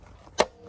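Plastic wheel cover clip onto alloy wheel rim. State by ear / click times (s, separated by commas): seated / 0.4 s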